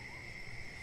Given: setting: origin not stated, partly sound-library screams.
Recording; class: one-second piece from a danger detection set; normal situation